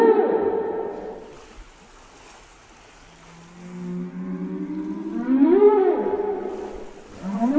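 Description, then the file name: Whale song: a low moan fading out, a quiet pause, then a rising and falling whoop and a final upward sweep. "Canto de las ballenas"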